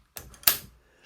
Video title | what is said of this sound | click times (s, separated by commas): Is this old-style sander worth it in 2025? [video 615] | On the Matabo, you have to depress a button on the side of the machine and rotate the pad until you hear a click. | 0.5 s